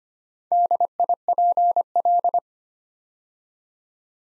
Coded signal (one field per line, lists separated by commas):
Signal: Morse code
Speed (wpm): 25 wpm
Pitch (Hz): 700 Hz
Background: none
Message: DIPL